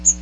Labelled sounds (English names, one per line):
Magnolia Warbler flight call